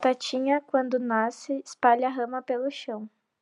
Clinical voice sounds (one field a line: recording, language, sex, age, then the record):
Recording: short text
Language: Brazilian Portuguese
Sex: female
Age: 20 to 29 years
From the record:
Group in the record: control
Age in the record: 20 years